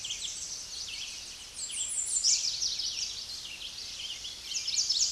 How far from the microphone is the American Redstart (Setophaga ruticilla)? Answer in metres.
about 20 m